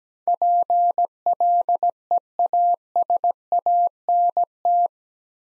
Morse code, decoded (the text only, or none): PLEASANT